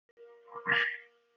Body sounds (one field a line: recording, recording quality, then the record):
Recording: shallow breathing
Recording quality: poor, much background noise or distortion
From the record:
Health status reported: COVID-19 positive, mild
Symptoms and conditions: cough, fever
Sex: male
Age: 20 years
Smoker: not ticked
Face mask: worn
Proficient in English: yes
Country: France